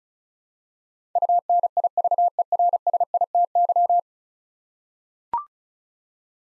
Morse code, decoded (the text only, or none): UNIVERSITY